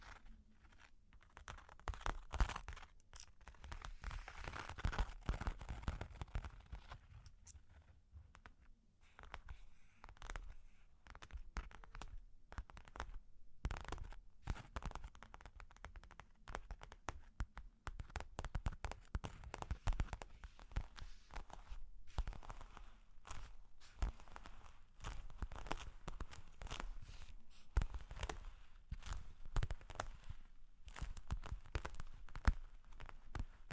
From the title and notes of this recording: Long Claws Tapping and Scratching (No Talking).